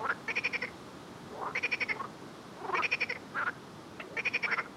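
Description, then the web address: Frog calls: four quick rattling pulse bursts, with a few brief bent chirps between them. "Soundscape Frog 1"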